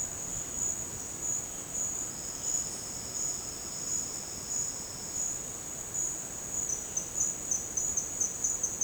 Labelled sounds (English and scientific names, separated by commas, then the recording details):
none
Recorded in dense forest near Puerto Asís, Putumayo, Colombia, on 13 March 2025 at 11:30
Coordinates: 0.486, -76.317
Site G053